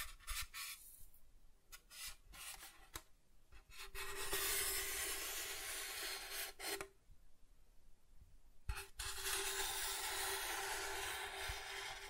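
Soft tracing across a surface, beginning as a few short, separate strokes in the first four seconds. Then come two long, steady rubbing passes, from about 4 to 7 seconds and from 9 seconds to the end, each hissy and bright with a faint low hum beneath.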